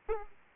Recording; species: mosquito wingbeat signal from an infrared sensor; Aedes aegypti